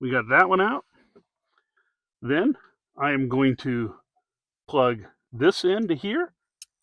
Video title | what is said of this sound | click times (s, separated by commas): 2025-26 4runner Beat Sonic stereo AMP easy install #4runner #tacoma #trdpro #toyota | Look, it snaps right in. It's fantastic. | 6.6 s